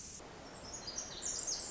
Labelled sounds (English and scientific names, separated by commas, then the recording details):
Pacific Wren (Troglodytes pacificus)
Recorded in Sonoma County, California